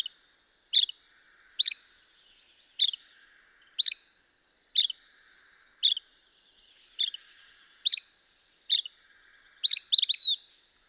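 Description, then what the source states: La Sagra's flycatcher calling with brisk, sharp notes about once a second, one given as a quick double near the end, in otherwise quiet surroundings. Recorded 17 May 2016.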